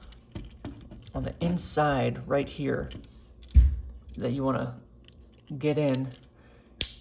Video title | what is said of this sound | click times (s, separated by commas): Transformers: Legacy Evolution - Shadow Striker | and get out and that will loudly click into place | 6.8 s